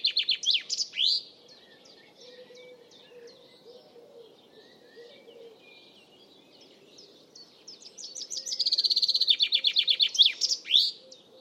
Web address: cianscape birddata Deverinetal 2025 Bird Only Fr Co